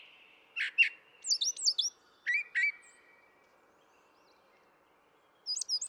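Brown thrasher song: a few paired whistled notes, then a long pause before one more short doubled phrase.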